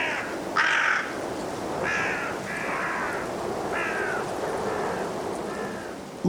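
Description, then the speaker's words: Carrion crow caws: several short hoarse calls spread throughout over a strong rushing wind. Five calling through blustery winds in a cold woodland at dusk, Gloucestershire, England. "Five carrion crows calling through the blustery winds in Woodchester Park in Gloucestershire, England."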